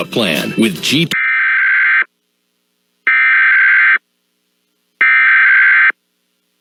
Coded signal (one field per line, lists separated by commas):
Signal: Emergency Alert System (SAME) tones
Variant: header bursts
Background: speech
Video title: EAS Required Monthly Test New Mexico Statewide +WeatherSTAR4000 (KRMQ-FM)